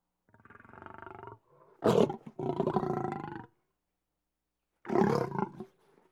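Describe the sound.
Lion growling: a low rumbling growl, then a sharp harsh snarl, a longer rasping growl, silence, and a final loud coarse burst.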